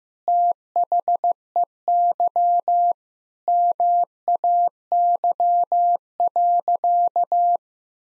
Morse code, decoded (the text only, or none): THEY MAY.